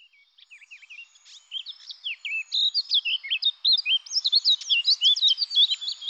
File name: Fauvette-à-tête-noire